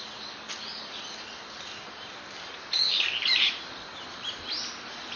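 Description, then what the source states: Bird chirps: faint high tweets, then a brighter, twittering phrase about halfway through, over a steady background hiss. Recorded on 23 October 2013.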